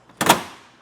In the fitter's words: they click in so you know that they're seated